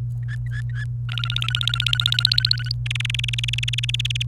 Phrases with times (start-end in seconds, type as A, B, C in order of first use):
0.23-0.85 A, 1.09-2.72 B, 2.86-4.22 C